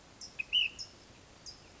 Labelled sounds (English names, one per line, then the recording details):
California Towhee
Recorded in Sonoma County, California